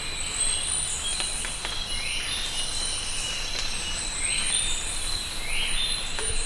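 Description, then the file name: Bird calls, brief rising sweeps heard three times, set against a constant high-pitched tone, faint clicks and steady hiss. "SABIOD 50 bird 2015"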